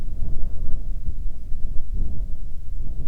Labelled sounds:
wind
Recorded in the Prudhoe Bay oil fields, Alaska, on 9 June 2019 at 17:19
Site 21

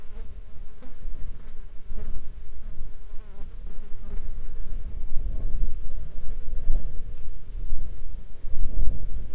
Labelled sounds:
insects
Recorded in the Arctic National Wildlife Refuge, Alaska, on 19 July 2021 at 14:59
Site 33

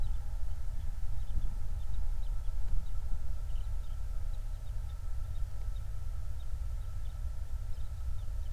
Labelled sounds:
songbird
flare stack
vehicle
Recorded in the Prudhoe Bay oil fields, Alaska, on 28 July 2019 at 05:20
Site 25

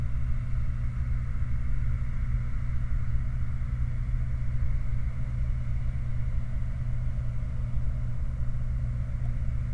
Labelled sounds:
machinery
flare stack
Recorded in the Prudhoe Bay oil fields, Alaska, on 29 July 2019 at 04:17
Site 29

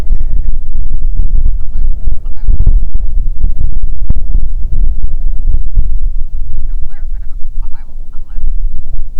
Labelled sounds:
grouse or ptarmigan
wind
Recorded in the Prudhoe Bay oil fields, Alaska, on 6 June 2019 at 03:45
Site 16

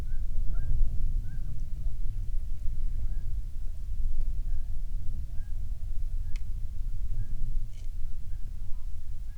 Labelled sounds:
waterfowl
wind
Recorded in the Prudhoe Bay oil fields, Alaska, on 13 May 2019 at 10:00
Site 21

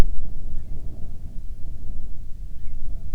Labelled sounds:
bird
wind
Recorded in the Prudhoe Bay oil fields, Alaska, on 7 August 2019 at 14:13
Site 17

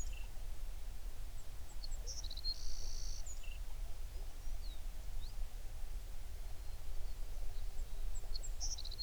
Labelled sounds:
songbird
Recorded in the Prudhoe Bay oil fields, Alaska, on 11 June 2019 at 04:44
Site 21

